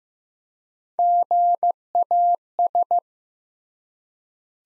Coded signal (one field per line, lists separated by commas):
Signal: Morse code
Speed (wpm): 15 wpm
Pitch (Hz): 700 Hz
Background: none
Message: GAS